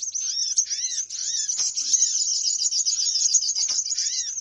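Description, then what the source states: Birds in a dense high-pitched twittering chorus, with soft arched whistles repeating beneath the chatter. Noisy bird lure call for attracting birds.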